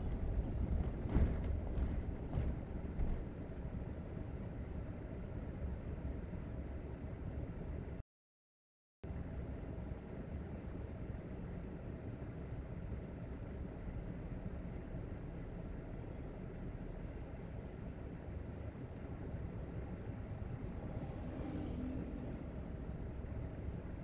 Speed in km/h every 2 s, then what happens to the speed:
32, 29, 26, 24, 23, 19, 18, 15, 16, 19, 19, 19.
0-14 slows to 15. 14-24 steady at about 19.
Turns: none.